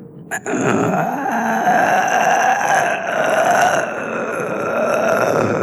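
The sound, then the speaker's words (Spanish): A large wolf's growl, low, rough and continuous for about five seconds after a short catch at the start, staying loud throughout with a slightly wavering pitch and no talking. “Y el lobo gruñó satisfecho.”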